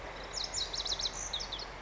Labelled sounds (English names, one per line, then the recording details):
Lazuli Bunting
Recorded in Sonoma County, California